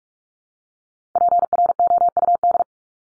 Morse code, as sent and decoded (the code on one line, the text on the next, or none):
.--. .-. --- ..- -..
PROUD